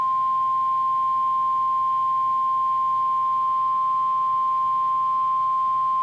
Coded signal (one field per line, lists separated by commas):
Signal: Emergency Alert System (SAME) tones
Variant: 1050 Hz attention tone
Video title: PURE CHAOS 6!! | EAS Alerts from 7/9/26